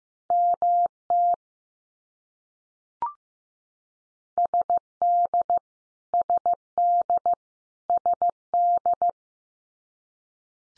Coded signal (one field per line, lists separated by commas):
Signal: Morse code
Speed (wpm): 15 wpm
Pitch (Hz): 700 Hz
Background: none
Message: MT SD SD SD